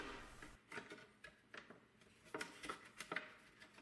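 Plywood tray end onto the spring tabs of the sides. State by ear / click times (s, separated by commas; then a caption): not seated / none. A plywood end of a CNC-cut knock-down tray is handled against the spring tabs of the sides and base, making a series of light knocks and taps with two sharper hits near the end. Nothing has seated or clicked into place yet.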